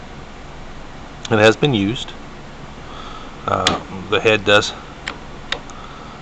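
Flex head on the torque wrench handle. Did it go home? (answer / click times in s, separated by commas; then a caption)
yes / 5.1 s, 5.5 s. A man talks while pivoting the metal flex head of a Matco Tools TRC250FA 1/2-inch flex-head torque wrench. The head gives two sharp ticks at 5.1 s and 5.5 s as it snaps into its detent positions. The head still locks into place for the flex.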